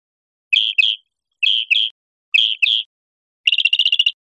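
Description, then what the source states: Northern mockingbird song: a paired chirping note repeated three times about once a second, then a rapid chattering trill of short notes; no other sounds. Recorded 1 October 2003.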